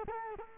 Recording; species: mosquito wingbeat signal from an infrared sensor; Culex quinquefasciatus